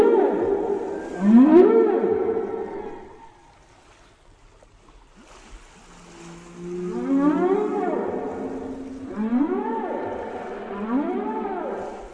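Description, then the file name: Whale song: rising and arching tonal moans with rich harmonics, sweeping upward then falling, in phrases separated by a quiet gap. "Canto de las ballenas"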